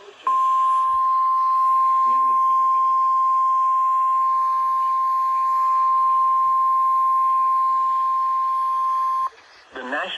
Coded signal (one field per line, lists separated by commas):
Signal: Emergency Alert System (SAME) tones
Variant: 1050 Hz attention tone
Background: speech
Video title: EAS 1145-1174 (12/10 & 12/11/21)